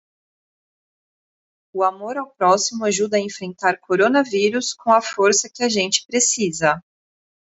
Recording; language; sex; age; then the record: spoken sentence; Brazilian Portuguese; female; 30 to 39 years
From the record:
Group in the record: control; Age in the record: 34 years